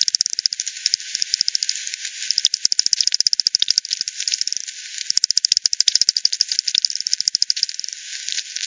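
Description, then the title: Bat clicks in several runs of rapid, evenly spaced ticks separated by quieter hissy gaps. Multiple bats at Hogsmill River, Hogsmill Lane, 7 October 2020 at 18:10; frequency-divided by ten, bandpass filtered and resampled. "bat 20201007 T 18 : 10 Z-Hogsmill-Lane-Hogsmill-River-multiple-bats"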